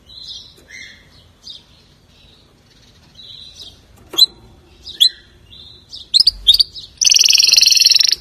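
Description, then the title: Canary giving soft scattered chirps and slurred notes, then a loud rapid buzzy trill in the final second. "Kenari"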